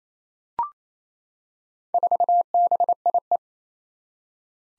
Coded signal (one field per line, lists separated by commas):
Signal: Morse code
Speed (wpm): 28 wpm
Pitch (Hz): 700 Hz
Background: none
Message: 4BIE